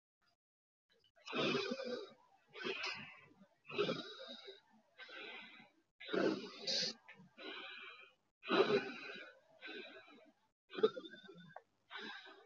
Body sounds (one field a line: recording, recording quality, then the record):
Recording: deep breathing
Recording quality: excellent, no background noise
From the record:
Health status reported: healthy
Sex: female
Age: 22 years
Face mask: not worn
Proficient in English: yes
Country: India